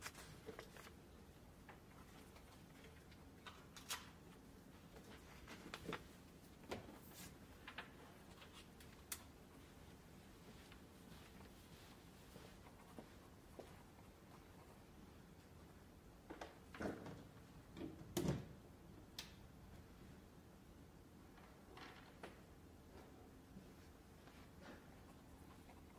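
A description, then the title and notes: A quiet library interior with a low, steady room hum and soft background murmur. Scattered short knocks and clicks, like cupboards, drawers or doors opening and closing, come every few seconds, with a louder cluster of bumps around seventeen to nineteen seconds. Glasgow library. (university of glasgow).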